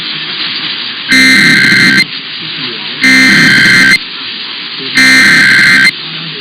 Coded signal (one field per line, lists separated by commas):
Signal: Emergency Alert System (SAME) tones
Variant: header bursts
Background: speech